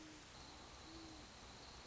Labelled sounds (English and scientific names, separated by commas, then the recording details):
Great Horned Owl (Bubo virginianus)
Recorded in Sonoma County, California